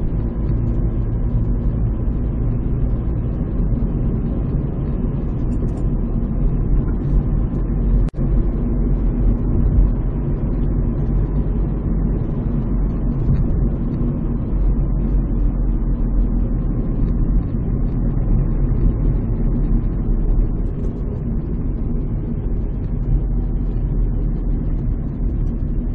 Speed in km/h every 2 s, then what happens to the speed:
44, 47, 48, 49, 52, 52, 49, 45, 40, 39, 35, 31, 27.
0-10 speeds up to 52. 10-26 slows to 27.